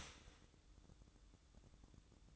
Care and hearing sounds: daily activity, microphone in the room; start toaster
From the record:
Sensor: 3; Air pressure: 1007.1 hPa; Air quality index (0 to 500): 56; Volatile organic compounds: 1 ppm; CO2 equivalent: 597 ppm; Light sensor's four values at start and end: 9/21/9/9 and 9/21/9/9

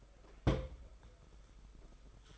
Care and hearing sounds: daily activity, microphone in the room; place on stove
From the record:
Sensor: 5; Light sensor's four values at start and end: 33/102/39/42 and 33/102/39/42

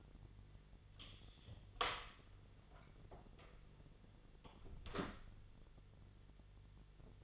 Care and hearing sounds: daily activity, microphone in the room; close door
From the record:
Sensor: 4

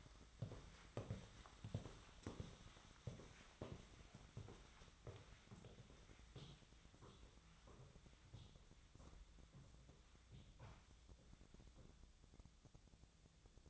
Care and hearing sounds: daily activity, microphone in the room; walk to room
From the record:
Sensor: 3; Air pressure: 1010.1 hPa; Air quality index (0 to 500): 181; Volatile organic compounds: 12 ppm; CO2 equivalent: 2366 ppm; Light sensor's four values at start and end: 40/99/43/46 and 42/104/45/49

